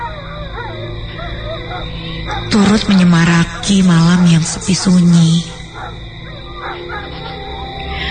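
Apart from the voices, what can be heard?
dog howling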